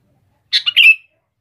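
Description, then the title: Sooty-headed bulbul phrase of three rapid liquid notes, the final one drawn out and gently falling, otherwise quiet. "Kutilang"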